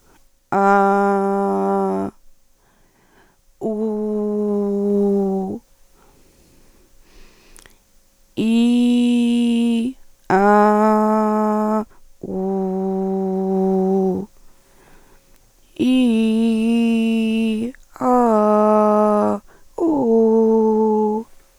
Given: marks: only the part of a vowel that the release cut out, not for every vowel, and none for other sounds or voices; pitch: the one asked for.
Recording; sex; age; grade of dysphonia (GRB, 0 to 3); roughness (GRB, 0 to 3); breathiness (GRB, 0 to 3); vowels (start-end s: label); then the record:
sustained vowels; female; 50 to 59 years; 1; 0; 1
0.78-1.79 s: vowel /a/, high pitch
4.14-5.35 s: vowel /u/, high pitch
8.56-9.71 s: vowel /i/, low pitch
10.49-11.67 s: vowel /a/, low pitch
13.46-14.09 s: vowel /u/, low pitch
15.87-17.45 s: vowel /i/, low-high-low pitch
18.09-19.20 s: vowel /a/, low-high-low pitch
19.84-21.07 s: vowel /u/, low-high-low pitch
From the record:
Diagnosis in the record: recurrent laryngeal nerve paralysis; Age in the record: 50 years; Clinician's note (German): Rechts, hyperfunktionelle Kompensation